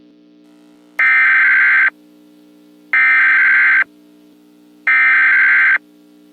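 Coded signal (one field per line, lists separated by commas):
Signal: Emergency Alert System (SAME) tones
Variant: header bursts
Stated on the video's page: Mock EAS alert about a fictional solar storm.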